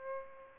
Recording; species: mosquito wingbeat signal from an infrared sensor; Aedes albopictus